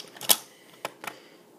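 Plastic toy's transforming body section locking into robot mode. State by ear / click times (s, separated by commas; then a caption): seated / 0.3 s. Pulling down the handles of a plastic Transformers Robots in Disguise One-Step Changer Fixit toy transforms it into robot mode, with a rustle of moving plastic and a sharp click at 0.3 s as the body section snaps and locks into place. Two fainter clicks follow at 0.9 and 1.1 s.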